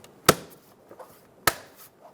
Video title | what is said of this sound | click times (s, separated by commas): How to Replace Exterior Door Handle 2007-2017 Ford Expedition | and install our trim piece. It'll click into place. | 0.3 s, 1.5 s